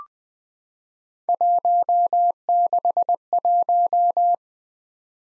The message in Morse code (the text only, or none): 161